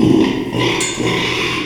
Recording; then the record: squeal of a Yucatan mini pig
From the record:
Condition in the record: after surgery on the right vocal fold (resection and tissue-engineered implant); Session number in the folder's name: 1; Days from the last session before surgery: 6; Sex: male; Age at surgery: 12 weeks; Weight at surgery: 13 kg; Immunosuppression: cyclosporine, prednisolone